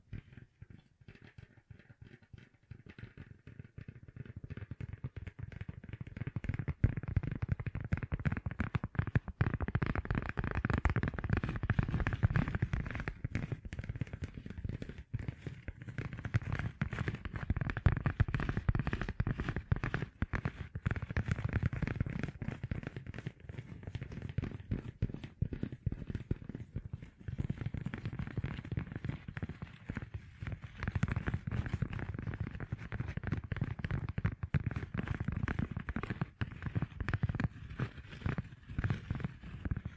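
Gem-covered fingertips tap and scratch in a dense, continuous stream of tiny clicks and crackles, with a soft low rumble underneath. The activity starts quieter, builds by about six seconds, and then stays busy, dipping briefly around 15 and 27 seconds.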